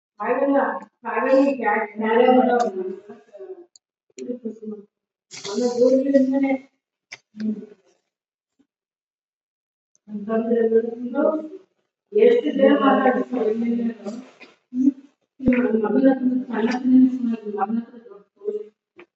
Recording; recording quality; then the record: shallow breathing; poor, much background noise or distortion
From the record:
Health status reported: COVID-19 positive, mild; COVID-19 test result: positive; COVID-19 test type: RT-PCR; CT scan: not taken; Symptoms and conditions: cough, cold, sore throat, fatigue, muscle pain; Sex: female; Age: 28 years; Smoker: no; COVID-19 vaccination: none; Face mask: worn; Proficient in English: yes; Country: India